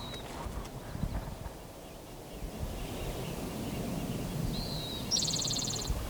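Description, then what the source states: Spotted Towhee song: a brief introductory note followed by a fast, buzzy trill near the end, over low background rumble. Singing on View Road in the Stanislaus National Forest, 5 May 2018; first song counted of the day in a series.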